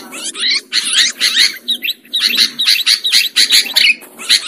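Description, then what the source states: Sooty-headed bulbul giving rapid, bubbly chirping phrases in steady bursts, a soft low hum beneath. Bird lure recording.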